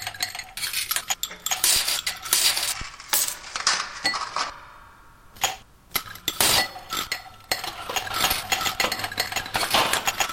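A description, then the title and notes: Ice rattles and clinks against glass in quick, uneven bursts, with bright, sharp ticks packed closely through most of the ten seconds. Around four to five seconds the clatter thins to a brief lull before the jostling resumes just as busily, with a faint low hum underneath. Another January evening, another recording of ice rattling in glasses. I chopped small sections out of the recording of the ice cubes [& bevarage] and set them to rattle away in a more or less randomised pattern at 108bpm. I processed it further in audiomulch - making a couple grittier/degraded versions.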